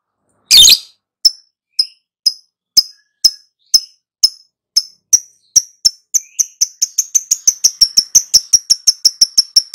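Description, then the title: Lovebird song: one rough burst, then high piercing chirps that start about half a second apart and speed up into a rapid continuous trill. Lovebird prompted to answer and sing steadily and energetically; the Indonesian term gacor describes this sustained singing. "Pancingan Lovebird Agar Nyaut GACOR"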